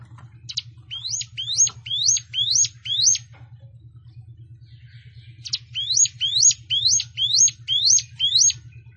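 Plain prinia song in two runs of sharp, upward-sweeping buzzy notes, roughly two per second, separated by a quiet gap, with low background hum.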